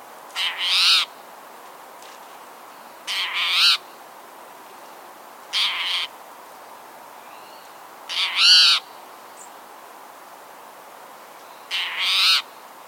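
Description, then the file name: Spotted towhee repeating a coarse, buzzy mew note five times at irregular intervals of a few seconds, over faint background noise. "Pipilo maculatus - Spotted Towhee"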